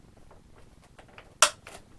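The removable wing tip of a foam Avios King Twin 1700 RC airplane is fitted onto the wing. A few faint ticks lead up to one sharp, loud click at 1.4 s as its locking tab snaps in, followed by a softer rattle. The tip seats and locks in place; originally it would not click and lock because the locking tab did not line up until the tab was moved about a quarter inch.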